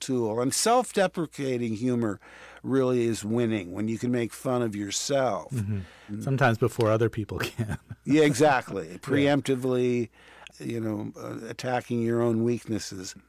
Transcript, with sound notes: And self-deprecating humor really is winning, when you can make fun of yourself.
Sometimes before other people can (laughter).
Yeah, exactly.
Yeah.
Preemptively, you know, attacking your own weaknesses.